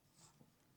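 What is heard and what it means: The last B-labelled plastic LED arm of a Missyou 22-inch 3D hologram fan display projector (Christmas tree model) is handled and pushed toward its matching B slot on the hub, giving faint rubbing and scraping. Nothing has seated or snapped into the slot yet.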